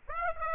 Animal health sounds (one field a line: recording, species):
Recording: mosquito wingbeat signal from an infrared sensor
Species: Aedes aegypti